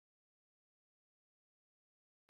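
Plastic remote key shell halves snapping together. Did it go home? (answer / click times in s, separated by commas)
no / none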